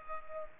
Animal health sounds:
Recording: mosquito wingbeat signal from an infrared sensor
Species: Culex pipiens

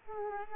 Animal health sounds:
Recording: mosquito wingbeat signal from an infrared sensor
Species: Culex quinquefasciatus

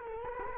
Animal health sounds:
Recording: mosquito wingbeat signal from an infrared sensor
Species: Culex quinquefasciatus

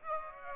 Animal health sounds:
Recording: mosquito wingbeat signal from an infrared sensor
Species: Aedes aegypti

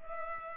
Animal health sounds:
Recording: mosquito wingbeat signal from an infrared sensor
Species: Culex pipiens

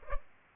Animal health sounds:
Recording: mosquito wingbeat signal from an infrared sensor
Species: Culex pipiens

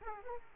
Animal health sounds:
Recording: mosquito wingbeat signal from an infrared sensor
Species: Aedes aegypti

